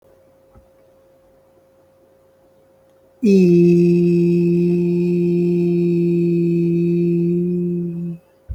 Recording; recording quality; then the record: sustained vowel as in beet; excellent, no background noise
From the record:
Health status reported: healthy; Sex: male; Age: 32 years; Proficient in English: no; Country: India